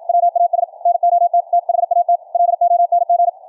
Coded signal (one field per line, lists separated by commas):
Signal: Morse code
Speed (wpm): 56 wpm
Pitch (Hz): 700 Hz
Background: none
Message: WAS NOT THAT LONG